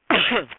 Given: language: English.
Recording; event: throat vibration sensor signal played as sound; cough